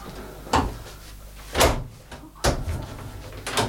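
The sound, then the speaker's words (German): A door is unlocked and opened: four sharp mechanical clunks and rattles spaced about a second apart, the loudest in the middle, with no voices. “Also machen Sie doch auf!”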